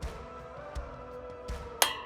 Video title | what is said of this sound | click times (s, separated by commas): How to Install a 21" Chrome Lowbrow Customs Ribbed Spool Hub Wheel on a 39mm Narrow Glide Front End | Till it clicks. | 1.8 s